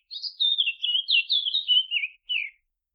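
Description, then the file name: Eurasian blackcap singing a continuous, hurried warble of liquid and scratchy notes that drifts slightly downward, followed by a short separate closing phrase. No other sounds. "Sylvia atricapilla"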